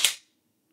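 A pistol magazine is tapped home into the pistol's magwell to seat it fully, and then the slide is racked. A single sharp metallic hit lands at 0.0 s and decays within about a quarter second, leaving near silence. The magazine is seated all the way.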